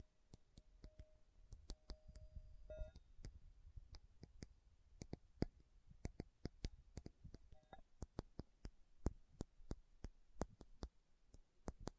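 Metal is tapped slowly, each strike a sharp click that rings up into the highs, landing about twice a second with uneven gaps. A soft low rumble sits underneath, and a brief steady tone sounds early on, near the three-second mark.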